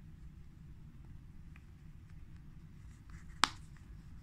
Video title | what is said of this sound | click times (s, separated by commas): Coronavirus Amigurumi (how to add a smile to your amigurumi project) | make sure that you hear this click so that make sure that it stays in place | 3.4 s